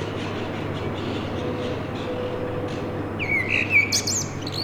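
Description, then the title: Common blackbird song: after a steady low hum, a short mellow fluted warble enters late and ends in a thin, high squeaky twitter. Heard from a balcony during Covid-19 confinement, singing to defend its territory. "Merla"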